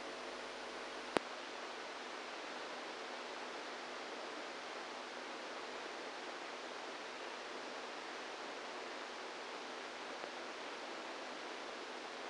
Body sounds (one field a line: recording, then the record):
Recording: brain microelectrode recording played as sound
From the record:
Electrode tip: inside the subthalamic nucleus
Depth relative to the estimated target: -4 mm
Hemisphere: right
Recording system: NeuroSet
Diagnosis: Parkinson's disease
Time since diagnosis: 27 years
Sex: male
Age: 62 years